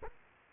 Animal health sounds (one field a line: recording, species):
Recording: mosquito wingbeat signal from an infrared sensor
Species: Aedes aegypti